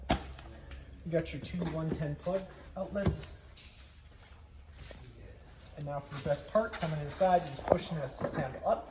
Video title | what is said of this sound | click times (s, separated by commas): 2025 FOREST RIVER CHAPARRAL 254RLS STK# 13816 | Once it's pushed into place, just locking it in. | 0.1 s